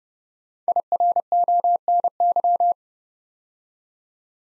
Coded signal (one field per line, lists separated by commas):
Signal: Morse code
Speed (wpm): 30 wpm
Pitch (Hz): 700 Hz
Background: none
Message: IRONY